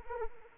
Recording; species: mosquito wingbeat signal from an infrared sensor; Anopheles arabiensis